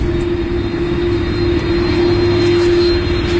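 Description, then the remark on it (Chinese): A steady, loud jet engine roar from an Airbus Beluga cargo aircraft taxiing at Airbus headquarters in Toulouse, France, carrying an A320 fuselage, with a constant low rumble and a strong sustained hum throughout, no voices present. “伴随着这样的轰鸣声 ，Beluga 朝向我们滑了过来。”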